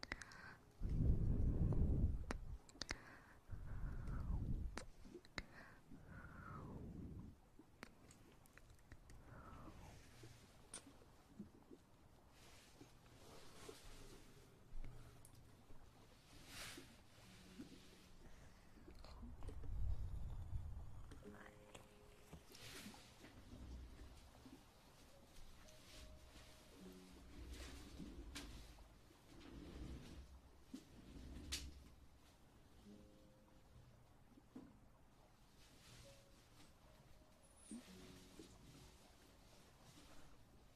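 Ear eating and ear massage: irregular rubbing, wet mouth clicks and soft thumps, loudest in the first seven seconds and again around twenty.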